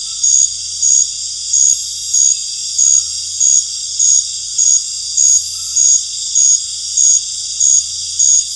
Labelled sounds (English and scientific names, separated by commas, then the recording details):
none
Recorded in dense forest near Puerto Asís, Putumayo, Colombia, on 13 March 2025 at 19:30
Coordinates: 0.484, -76.317
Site G064